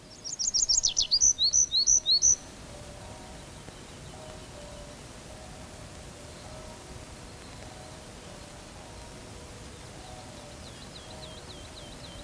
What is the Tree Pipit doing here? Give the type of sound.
song